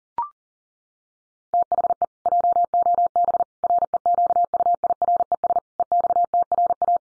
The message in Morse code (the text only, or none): THE JOB REQUIRES EXTRA